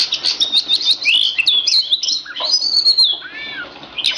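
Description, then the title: Oriental magpie-robin giving a dense warbled phrase of slurred whistles and trills, ending in a descending sweep and a final chip. Kacer poci, national champion competition bird; song described as gacor, nembak and ngerol; recording presents seven kinds of kacer song, three minutes each. "Kacer Poci Gacor Nembak Dan Ngerol Juara Nasional. 7 macam suara kacer setiap 3 menit"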